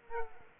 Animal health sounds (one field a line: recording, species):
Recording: mosquito wingbeat signal from an infrared sensor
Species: Culex quinquefasciatus